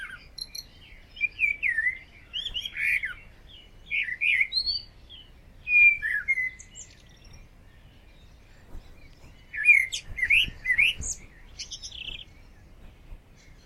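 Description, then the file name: Common blackbird song: rich whistled phrases mixed with thin, high twitters, in several bursts separated by pauses; faint low background noise. "Turdus merula"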